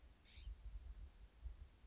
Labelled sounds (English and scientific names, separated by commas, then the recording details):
California Scrub-Jay (Aphelocoma californica)
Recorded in Sonoma County, California